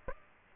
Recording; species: mosquito wingbeat signal from an infrared sensor; Aedes aegypti